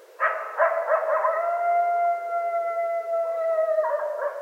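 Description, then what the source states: Coyote call starting with a few sharp yips, settling into a long level howl, then more yips near the end. Coyotes, plural, recorded 25 January 2013.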